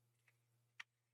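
The bottom plastic cover of the rear landing gear leg on a DeAgostini 1:18 scale X-Wing model is lined up on its two pins and pressed until it snaps into place. A faint tick comes at about 0.3 s, then one sharp click at 0.8 s over a steady low hum. The cover is seated.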